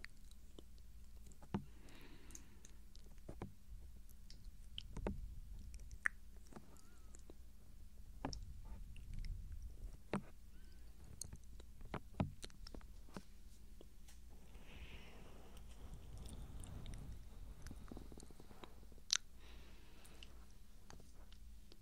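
Soft, close mouth sounds and gentle touching play in a quiet small room: frequent wet clicks, smacks and crinkly taps arrive irregularly every second or so, with a few sharper clicks around 6 and 19 seconds. A low, steady hum sits underneath throughout.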